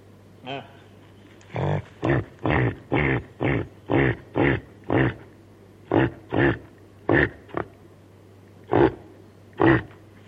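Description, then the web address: Reindeer giving many rough grunts in an uneven series with some pauses, over a constant low hum. Female reindeer (caribou) calling her calf. "sonidos del reno caribu la hembra del reno llama a su cria"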